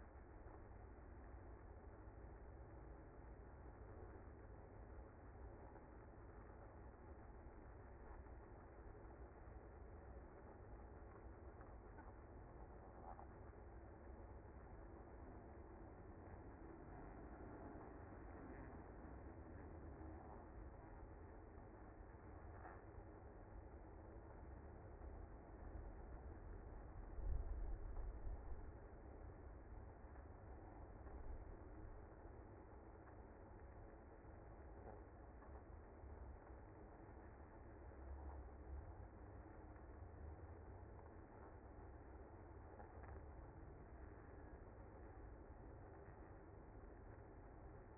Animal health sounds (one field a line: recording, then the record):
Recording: honeybee colony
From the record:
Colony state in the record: active